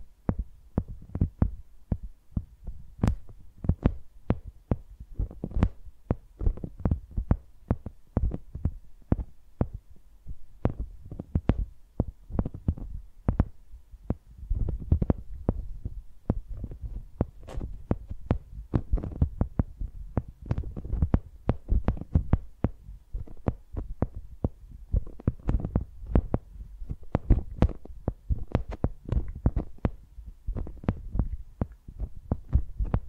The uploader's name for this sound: ASMR Using Mics as Pencils (No Talking)